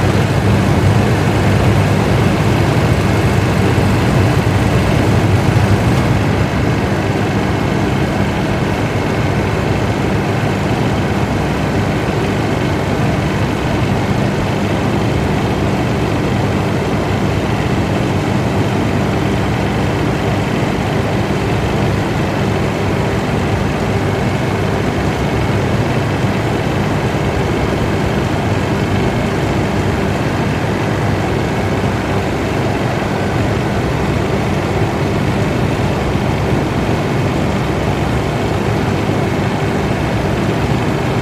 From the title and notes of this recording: HVAC Sounds | Air Conditioner Ambient White Noise. Relax and remove distractions to the ambient white noise sound of an outdoor HVAC unit.